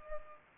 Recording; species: mosquito wingbeat signal from an infrared sensor; Culex pipiens